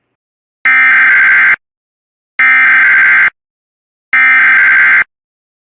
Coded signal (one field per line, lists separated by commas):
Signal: Emergency Alert System (SAME) tones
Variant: header bursts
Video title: GA TOR EAS #336